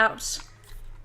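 The plastic folding leg of a portable UV/LED nail lamp is being handled and unfolded so the lamp can stand up, while someone talks briefly at the start. A soft, airy handling noise follows around 0.2–0.4 s over a steady low hum. Nothing has seated or clicked into place yet.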